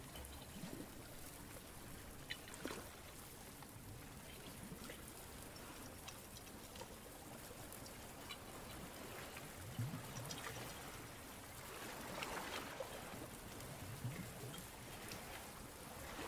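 A day at the beach: a dense, steady rush of water and wind fills the whole clip, hissing like rain or a running stream. The wash swells a little louder around the middle and again near twelve seconds, with scattered soft splashes underneath.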